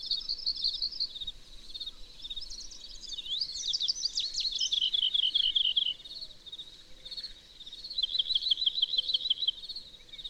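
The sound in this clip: Bird song of rapid high trills and chattering notes, a fast twittering run in the middle, then a steady repeated trill near the end.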